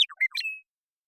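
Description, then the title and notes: Western meadowlark giving a brief burst of warbled notes that ends in a short, thin whistle. Song, contact calls and flush; Pacific Northwest, Washington, United States. "Western Meadowlark, Sturnella neglecta, song, contact calls, and flush, family: Troupials and Allies Pacific Northwest in Washington, United States"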